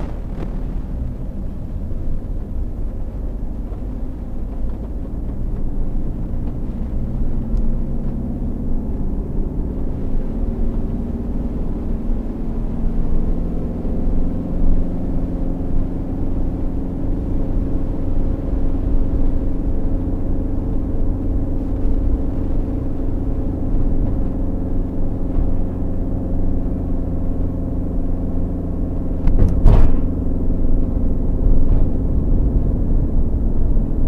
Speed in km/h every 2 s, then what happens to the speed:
20, 25, 29, 33, 38, 42, 44, 46, 48, 48, 48, 48, 48, 46, 46, 46, 44.
0-15 speeds up to 48. 15-34 steady at about 48.